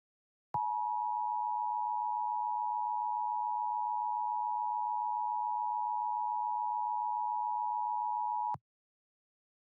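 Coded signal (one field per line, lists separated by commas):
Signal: Emergency Alert System (SAME) tones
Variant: 853 and 960 Hz attention tone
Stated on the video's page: Mock EAS flash flood warning.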